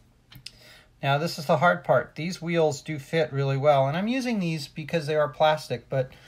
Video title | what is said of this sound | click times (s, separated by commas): Cylindrical Hopper Build part 1 | and push it till it clicks | 0.5 s